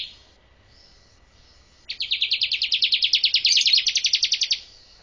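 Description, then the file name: Bar-winged prinia call: brief high notes, then a fast, even, buzzy trill of many notes lasting nearly three seconds, in an otherwise quiet setting. "suara ciblek kurawa"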